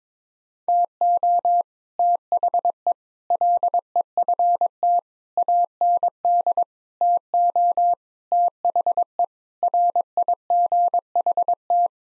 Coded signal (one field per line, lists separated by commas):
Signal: Morse code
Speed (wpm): 22 wpm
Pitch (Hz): 700 Hz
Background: none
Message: TO THE LEFT AND TO THE RIGHT